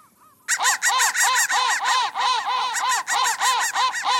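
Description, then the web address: Rasping crow calls begin suddenly and continue as a fast, almost unbroken string of harsh notes. "soundfactory crow"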